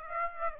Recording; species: mosquito wingbeat signal from an infrared sensor; Aedes aegypti